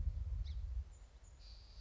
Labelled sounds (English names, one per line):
Song Sparrow